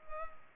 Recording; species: mosquito wingbeat signal from an infrared sensor; Culex pipiens